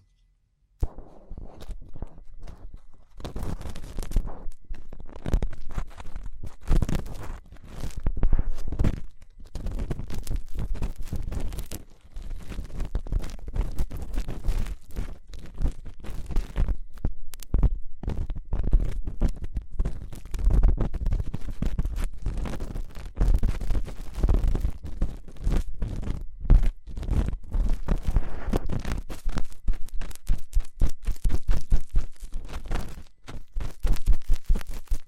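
Fast, intense ear cleaning with dense rubbing and crackling scrapes, steady throughout with rapid bursts, deep thuddy rumble underneath and brief pauses.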